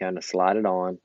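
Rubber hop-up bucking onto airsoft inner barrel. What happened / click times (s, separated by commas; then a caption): Handled, not yet seated: no click as the rubber sleeve slides on / none. A rubber hop-up bucking is lined up by its notch with the notch on an airsoft inner barrel and slid on gently while someone talks. The part is still being handled, and nothing has seated or clicked yet.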